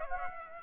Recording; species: mosquito wingbeat signal from an infrared sensor; Aedes aegypti